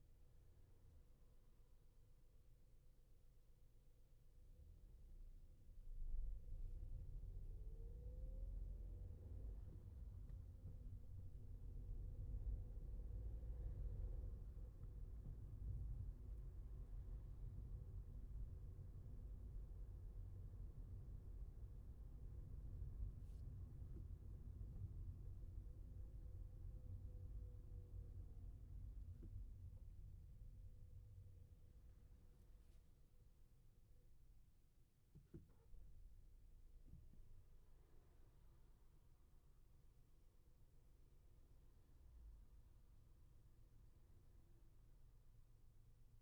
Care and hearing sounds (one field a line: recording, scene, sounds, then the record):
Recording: everyday scene through a hearing-aid microphone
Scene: in a vehicle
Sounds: engine, traffic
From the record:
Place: Skoda Fabia, gasoline engine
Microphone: behind the ear, left, front